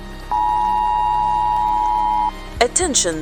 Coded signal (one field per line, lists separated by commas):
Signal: Emergency Alert System (SAME) tones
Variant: 853 and 960 Hz attention tone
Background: speech, music